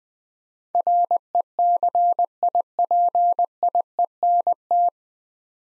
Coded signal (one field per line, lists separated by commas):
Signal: Morse code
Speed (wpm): 20 wpm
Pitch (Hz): 700 Hz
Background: none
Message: RECIPIENT